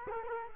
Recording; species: mosquito wingbeat signal from an infrared sensor; Culex quinquefasciatus